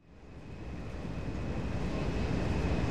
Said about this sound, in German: Wie schnell fliegt eigentlich unser Flugzeug? Moderne Flugzeuge wie unseres erreichen eine Geschwindigkeit von 900 Stundenkilometern. Ihre Düsentriebwerke geben ihnen ordentlich Vorwärtsschub.